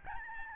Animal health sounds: mosquito wingbeat signal from an infrared sensor; Aedes albopictus

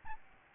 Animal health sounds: mosquito wingbeat signal from an infrared sensor; Aedes albopictus

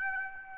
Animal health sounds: mosquito wingbeat signal from an infrared sensor; Aedes aegypti

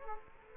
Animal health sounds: mosquito wingbeat signal from an infrared sensor; Culex quinquefasciatus

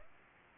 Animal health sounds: mosquito wingbeat signal from an infrared sensor; Aedes aegypti

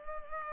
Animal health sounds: mosquito wingbeat signal from an infrared sensor; Culex pipiens

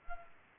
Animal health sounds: mosquito wingbeat signal from an infrared sensor; Anopheles arabiensis

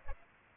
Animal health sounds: mosquito wingbeat signal from an infrared sensor; Aedes aegypti

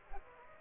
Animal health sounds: mosquito wingbeat signal from an infrared sensor; Aedes aegypti

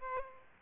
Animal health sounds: mosquito wingbeat signal from an infrared sensor; Aedes aegypti

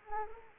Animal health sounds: mosquito wingbeat signal from an infrared sensor; Anopheles arabiensis

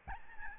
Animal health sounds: mosquito wingbeat signal from an infrared sensor; Aedes albopictus

